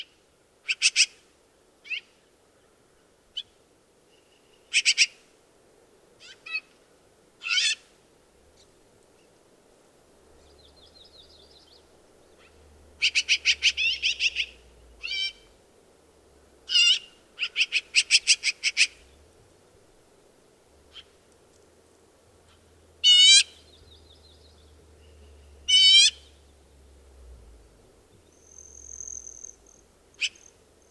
Black-billed Magpie call recorded in Moraine Park in Rocky Mountain National Park.